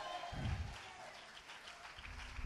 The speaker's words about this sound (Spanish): Dele un aplauso al Señor, hermano.